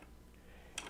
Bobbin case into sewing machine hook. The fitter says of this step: and you'll just fill it click right into place